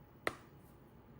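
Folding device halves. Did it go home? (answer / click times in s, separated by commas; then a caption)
yes / 0.3 s. A Samsung Galaxy Z Fold 7 foldable smartphone is closed, one screen half coming down onto the other and meeting with a single short clap at 0.3 s. The clap is soft rather than abrupt, and the halves go together securely, leaving the phone shut.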